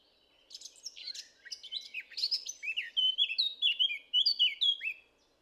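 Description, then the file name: Eurasian blackcap song building from a quiet, chattering start into a strong series of ringing, flute-like notes, then falling silent. "Sylvia atricapilla"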